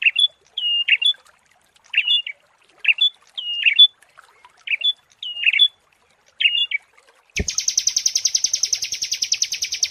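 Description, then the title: Prinia song: a run of brief, sharp, twangy chip phrases spaced about a second apart, breaking into a loud, fast, buzzy pulsing trill. Prinia song for bird training (masteran) and therapy. "Masteran Terapi Prenjak"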